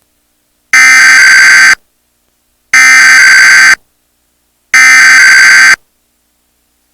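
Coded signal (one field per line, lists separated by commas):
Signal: Emergency Alert System (SAME) tones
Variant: header bursts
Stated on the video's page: Fictional concept EAS alerts, not real.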